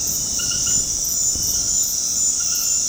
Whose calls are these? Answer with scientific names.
none